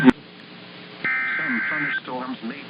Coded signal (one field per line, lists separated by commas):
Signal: Emergency Alert System (SAME) tones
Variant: header bursts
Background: speech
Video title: The Madness of Storms part 4 -- eas alerts from march and april (eas #109 - #123)